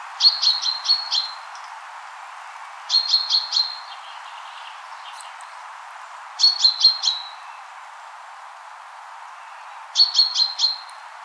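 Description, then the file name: Common chaffinch with repeated quick bursts of several bright, high notes, spaced a few seconds apart, with little else audible. "Fringilla coelebs"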